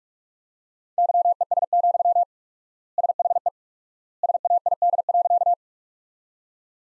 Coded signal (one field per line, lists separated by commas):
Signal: Morse code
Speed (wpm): 43 wpm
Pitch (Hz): 700 Hz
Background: none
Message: YES, SHE SAID.